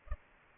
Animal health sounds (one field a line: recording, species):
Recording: mosquito wingbeat signal from an infrared sensor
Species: Culex pipiens